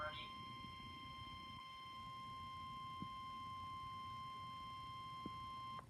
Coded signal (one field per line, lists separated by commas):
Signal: Emergency Alert System (SAME) tones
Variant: 1050 Hz attention tone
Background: speech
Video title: Severe Thunderstorm Warning (EAS #22) 3/15/16